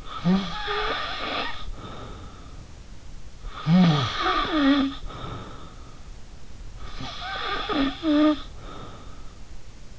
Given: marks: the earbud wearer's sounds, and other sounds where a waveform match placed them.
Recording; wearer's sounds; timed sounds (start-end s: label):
sounds in sleep by an in-ear microphone; snoring breath
0.00-2.61 s: snoring breath
3.41-5.93 s: snoring breath
6.79-9.40 s: snoring breath